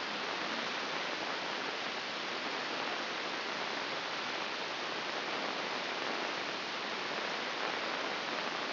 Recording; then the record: brain microelectrode recording played as sound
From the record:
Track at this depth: inside the subthalamic nucleus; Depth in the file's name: 2.831 mm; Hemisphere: left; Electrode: 2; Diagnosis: Parkinson's disease